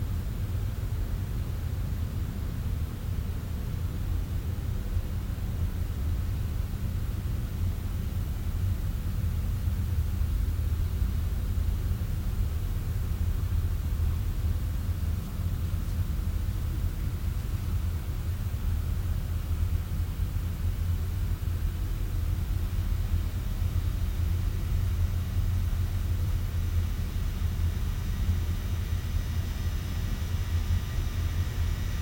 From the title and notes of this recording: The piece "Room" combines room tones sampled from several films, sfx libraries, with field recordings of other rooms and spaces.